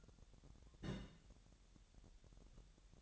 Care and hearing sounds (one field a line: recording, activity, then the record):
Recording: daily activity, microphone in the room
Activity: place on stove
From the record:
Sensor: 3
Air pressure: 1012.0 hPa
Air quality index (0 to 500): 207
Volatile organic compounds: 4 ppm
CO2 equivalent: 1550 ppm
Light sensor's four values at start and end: 114/269/112/102 and 114/269/112/102